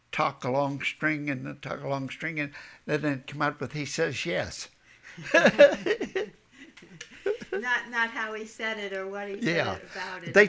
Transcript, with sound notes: talk a long string and talk a long string, and then come out with, "He says, 'yes.'" ( they laugh )
Not how he said it, or what he said about it.